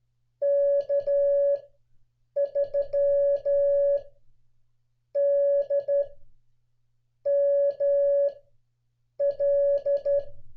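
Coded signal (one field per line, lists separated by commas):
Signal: Morse code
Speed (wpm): 12 wpm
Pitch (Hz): 560 Hz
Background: none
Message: K3DML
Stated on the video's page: Call sign copying practice for CW students, made to resemble on-air listening with no instant feedback.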